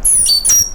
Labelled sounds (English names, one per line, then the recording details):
Stitchbird song
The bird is a male
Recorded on Tiritiri Matangi Island, New Zealand, in 2005
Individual 1, of nest box 1